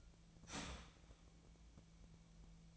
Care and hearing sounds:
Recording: daily activity, microphone in the room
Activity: start toaster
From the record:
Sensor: 1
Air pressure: 1009.3 hPa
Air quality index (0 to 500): 196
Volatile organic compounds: 20 ppm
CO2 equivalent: 2685 ppm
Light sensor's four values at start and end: 25/65/27/31 and 18/47/19/22

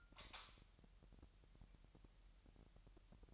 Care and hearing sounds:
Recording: daily activity, microphone in the room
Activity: light on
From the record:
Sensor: 3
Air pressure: 1001.8 hPa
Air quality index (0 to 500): 245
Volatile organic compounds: 47 ppm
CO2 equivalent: 3259 ppm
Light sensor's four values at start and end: 6/13/5/5 and 12/32/13/12

